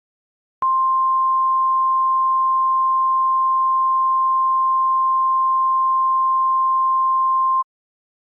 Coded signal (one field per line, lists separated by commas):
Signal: Emergency Alert System (SAME) tones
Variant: 1050 Hz attention tone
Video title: (EAS) mock San Onofre power plant.